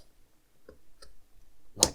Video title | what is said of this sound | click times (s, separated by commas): Build Your Own R2-D2 - Issue 91 - Attaching the Legs, Base and Foot | that and it clicks in just like that | 1.8 s